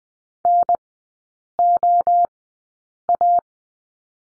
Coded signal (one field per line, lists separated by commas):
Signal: Morse code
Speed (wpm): 20 wpm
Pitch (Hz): 700 Hz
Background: none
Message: NOA